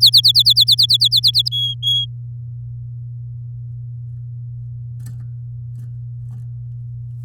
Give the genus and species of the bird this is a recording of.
Serinus canaria